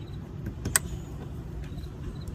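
A wiring harness plug is slid onto a new LED fog light bulb on a 2016–202x Honda Civic, with the locking tab facing the back of the car, over a low steady rumble with a few faint taps. A sharp plastic snap at 0.8 s marks the connector clicking in and seating, and the bulb is installed.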